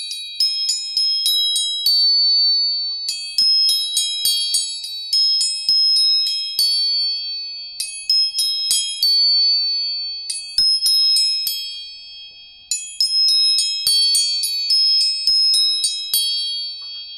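Tuning forks are struck again and again, giving high, bright, bell-like tones that ring and overlap while one steady pitch hums underneath throughout. The strikes come in quick clusters with short pauses around three, eight and thirteen seconds, and faint clicks sound between them.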